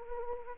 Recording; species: mosquito wingbeat signal from an infrared sensor; Anopheles arabiensis